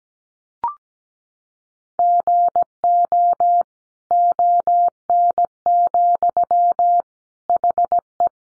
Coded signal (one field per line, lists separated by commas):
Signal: Morse code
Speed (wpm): 17 wpm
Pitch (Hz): 700 Hz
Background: none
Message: GO ON, HE